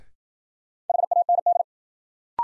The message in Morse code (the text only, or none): HAND